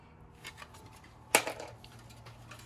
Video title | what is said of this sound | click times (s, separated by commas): Building the Perfect PC Gift for My Mom this Christmas 2022 | yeah like what I was saying you know you just snap it in like kind of like you're snapping in but I like backwards | 1.3 s